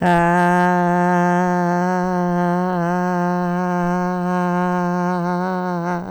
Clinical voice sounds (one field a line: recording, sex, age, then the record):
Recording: sustained vowel /a/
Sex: female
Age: 70 to 79 years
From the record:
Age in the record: 70 years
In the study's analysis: included